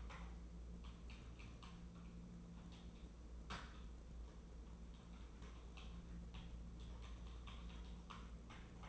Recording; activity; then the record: daily activity, microphone in the room; typing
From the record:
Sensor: 1